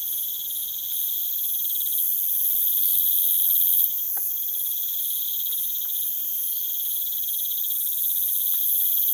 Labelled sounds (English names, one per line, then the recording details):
none
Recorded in pastures near Puerto Asís, Putumayo, Colombia, on 25 June 2025 at 03:00
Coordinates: 0.487, -76.322
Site H26